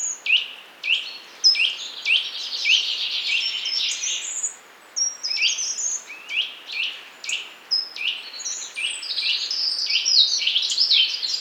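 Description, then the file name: Eurasian nuthatch calls: many quick, pitch-bending notes, sometimes crowded together and sometimes spaced out, over a constant hiss. "Sitta europaea"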